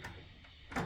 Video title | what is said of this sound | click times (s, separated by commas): Amazon Found this easy swap left and right hand door handle - privacy or bathroom | and you can hear it click. | 0.0 s, 0.8 s